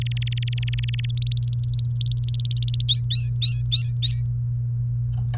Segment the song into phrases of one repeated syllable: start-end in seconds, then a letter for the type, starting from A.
0.01-1.05 A, 1.17-2.83 B, 2.88-4.24 C